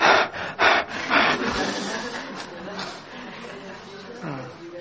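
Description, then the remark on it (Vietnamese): A voice imitates the heavy, labored panting of climbers breathing as they climb: three loud, rough breath bursts in quick succession, then softer breathy huffs trailing off into low voiced murmurs. “Họ vừa leo họ thở.”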